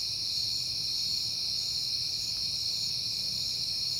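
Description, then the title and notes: Short stretch of crickets trilling in a steady shrill chorus over a quiet low rumble. Crickets recorded on a peaceful night in September. "Night Time: Crickets and Passing Cars. It is September and I have been hearing the crickets a lot, but finally had a peaceful night to make the recording"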